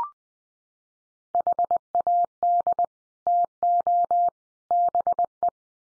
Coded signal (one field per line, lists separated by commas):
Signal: Morse code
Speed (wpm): 20 wpm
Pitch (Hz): 700 Hz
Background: none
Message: HAD TO BE